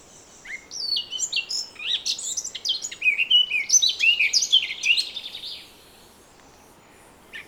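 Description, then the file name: Eurasian blackcap song rising from a soft start into a rapid bright warble of whistles and chirps, ending abruptly. "Sylvia atricapilla"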